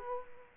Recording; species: mosquito wingbeat signal from an infrared sensor; Culex quinquefasciatus